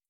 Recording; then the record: hydrophone in a shrimp aquaculture tank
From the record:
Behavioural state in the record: starved